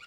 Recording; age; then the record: pig call; piglet (1 to 25 days)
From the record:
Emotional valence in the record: positive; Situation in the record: reunion after long isolation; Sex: female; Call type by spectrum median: low-frequency call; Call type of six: low-frequency tonal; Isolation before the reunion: 8 minutes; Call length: 0.07 s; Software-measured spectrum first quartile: 1390 Hz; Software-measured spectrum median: 2202 Hz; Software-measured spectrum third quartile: 2955 Hz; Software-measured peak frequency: 1414 Hz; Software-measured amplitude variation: 54 dB a second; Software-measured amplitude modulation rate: 7.2 a second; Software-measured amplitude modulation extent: 7.4 dB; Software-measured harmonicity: 6.9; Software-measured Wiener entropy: -2.00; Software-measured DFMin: 737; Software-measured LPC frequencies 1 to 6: 1396, 2370, 2816, 3645, 4337, 5126 Hz